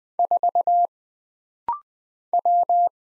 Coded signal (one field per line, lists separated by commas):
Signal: Morse code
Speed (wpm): 20 wpm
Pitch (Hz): 700 Hz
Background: none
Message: 4 W